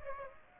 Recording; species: mosquito wingbeat signal from an infrared sensor; Aedes aegypti